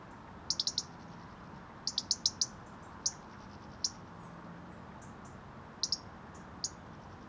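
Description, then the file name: European robin giving high, sharp ticking call notes, mostly single or in quick bursts of two to five, spaced irregularly throughout. "Erithacus rubecula"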